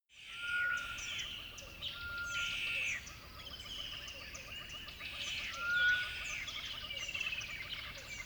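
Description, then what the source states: Birds singing in a dawn chorus: mixed chirps and twitters overlap, with a clear whistled note returning several times throughout. Dawn chorus at a river bed.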